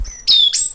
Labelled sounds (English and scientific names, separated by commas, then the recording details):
Stitchbird (Notiomystis cincta) song
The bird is a male
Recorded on Tiritiri Matangi Island, New Zealand, in 2005
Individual 12, of nest box 16